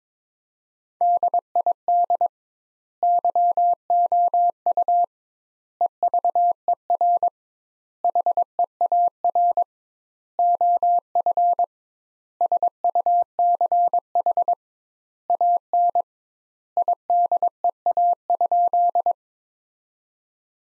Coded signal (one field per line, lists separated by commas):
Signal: Morse code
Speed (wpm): 23 wpm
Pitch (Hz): 700 Hz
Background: none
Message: DID YOU EVER HEAR OF SUCH AN IDEA?